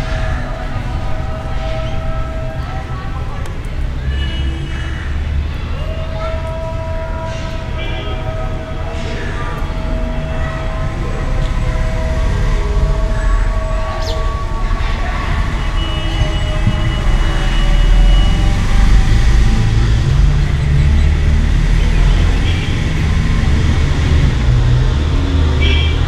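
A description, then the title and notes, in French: Recorded in a temple near a busy intersection, with a dense, steady low rumble of traffic throughout. Voices and sustained tones, possibly horns or chanting, come and go over the din, which grows slightly louder in the second half. Dans un temple. Près d'une intersection & d'une mosquée. Saundatti.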